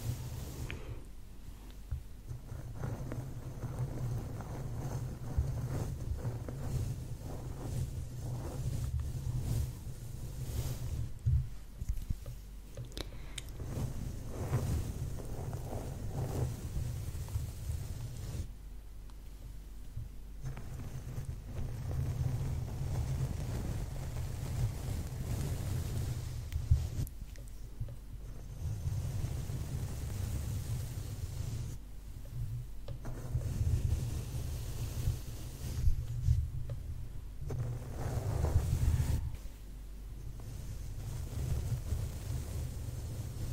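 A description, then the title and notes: Mic brushing, continuous: a heavy low rumble with soft scratchy strokes layered over it. The strokes come in uneven bursts, with brighter swishes around 11, 19, 28, 33 and 38 seconds before easing back to a dull, muffled rub. ASMR Mic Brushing.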